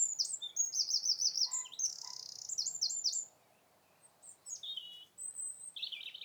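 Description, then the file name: Eurasian wren song, fast high trills and rattles pouring out for about three seconds, then scattered high chirps and a buzzy note. "Troglodytes troglodytes"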